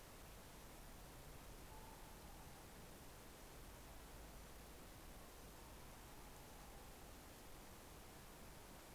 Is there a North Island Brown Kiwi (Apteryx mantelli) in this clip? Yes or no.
no